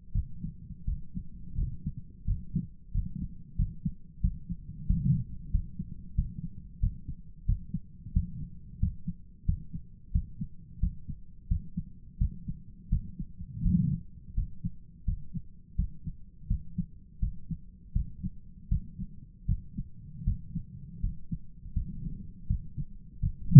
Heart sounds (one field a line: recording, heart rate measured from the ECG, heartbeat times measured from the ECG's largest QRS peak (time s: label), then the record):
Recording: heart sounds by stethoscope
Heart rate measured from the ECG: 86 bpm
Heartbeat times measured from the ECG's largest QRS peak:
0.12 s: heartbeat
0.85 s: heartbeat
1.55 s: heartbeat
2.25 s: heartbeat
2.92 s: heartbeat
3.56 s: heartbeat
4.21 s: heartbeat
4.86 s: heartbeat
5.51 s: heartbeat
6.15 s: heartbeat
6.79 s: heartbeat
7.45 s: heartbeat
8.12 s: heartbeat
8.79 s: heartbeat
9.45 s: heartbeat
10.11 s: heartbeat
10.79 s: heartbeat
11.47 s: heartbeat
12.17 s: heartbeat
12.88 s: heartbeat
13.62 s: heartbeat
14.34 s: heartbeat
15.04 s: heartbeat
15.75 s: heartbeat
16.47 s: heartbeat
17.19 s: heartbeat
17.92 s: heartbeat
18.68 s: heartbeat
19.45 s: heartbeat
20.24 s: heartbeat
21.00 s: heartbeat
21.73 s: heartbeat
22.47 s: heartbeat
23.20 s: heartbeat
From the record:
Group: healthy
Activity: rest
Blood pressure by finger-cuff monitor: 100/67 mmHg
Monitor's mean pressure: 78 mmHg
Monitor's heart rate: 86 bpm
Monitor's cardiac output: 7.9 L/min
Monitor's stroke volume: 91 mL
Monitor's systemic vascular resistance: 710 dyn s/cm5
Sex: male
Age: 57 years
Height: 188 cm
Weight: 106 kg